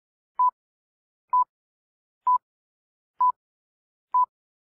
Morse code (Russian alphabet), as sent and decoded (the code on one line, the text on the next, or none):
none